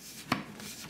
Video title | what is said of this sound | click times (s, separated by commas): Adding SSD to Dell Precision 5680 | snap snap in place and now we're going to go to our little container | 0.3 s